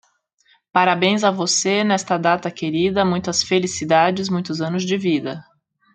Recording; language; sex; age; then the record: short text; Brazilian Portuguese; female; 40 to 49 years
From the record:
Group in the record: control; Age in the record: 41 years